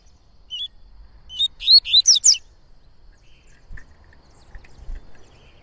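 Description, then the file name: Yellow-bellied seedeater song: a short phrase of about six quick high notes, then quiet with a few faint sounds. "canto de coleiro baiano"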